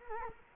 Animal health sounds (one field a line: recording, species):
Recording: mosquito wingbeat signal from an infrared sensor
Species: Culex quinquefasciatus